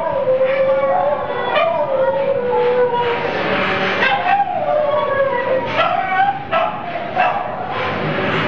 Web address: Field Recordings From India Nepal. Chickensong With Irritated Dogs In Hotel Shiv Shakti Laxman Jhula Rishikesh